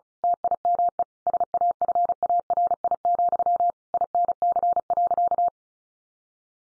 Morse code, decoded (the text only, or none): TIME SAFARI, INC.